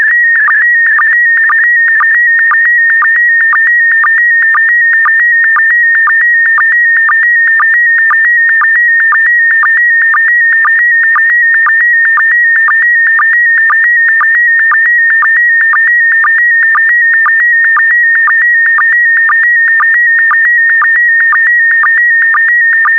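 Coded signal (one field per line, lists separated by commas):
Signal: SSTV (slow-scan television)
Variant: PD120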